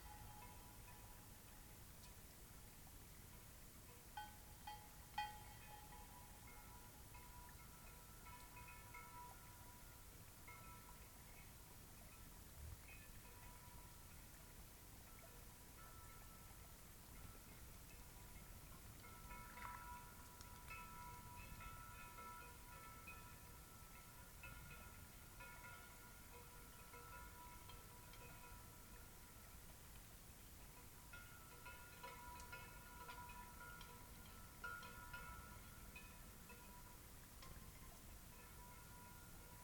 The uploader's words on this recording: This was recorded on a cloudy night beside Taylor Lake in the Russian Wilderness, Klamath National Forest, Siskiyou County, California. The recording starts at around midnight and continues until sunrise. The night was fairly calm with a faint breeze blowing through the treetops. Midnight Till Morning Beside Taylor Lake.